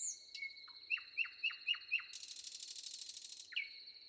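Common nightingale song: five loud, evenly spaced down-slurred notes, then a harsh buzzy rattle lasting over a second, with crickets shrilling steadily throughout.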